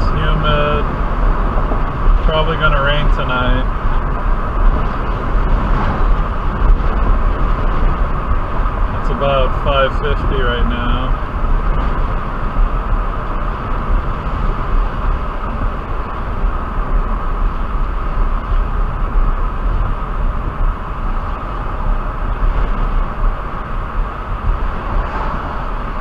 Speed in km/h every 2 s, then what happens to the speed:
72, 68, 68, 66, 66, 66, 63, 61, 60, 60, 58, 58, 56.
0-26 slows to 56.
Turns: none.